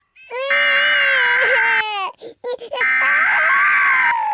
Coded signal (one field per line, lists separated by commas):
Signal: Emergency Alert System (SAME) tones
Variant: header bursts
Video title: Peppa Pig Crying Compilation with EAS Alarm